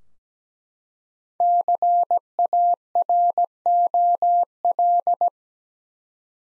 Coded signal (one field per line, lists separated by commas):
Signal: Morse code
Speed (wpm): 17 wpm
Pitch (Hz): 700 Hz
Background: none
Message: CAROL